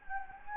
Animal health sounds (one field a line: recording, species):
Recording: mosquito wingbeat signal from an infrared sensor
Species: Anopheles gambiae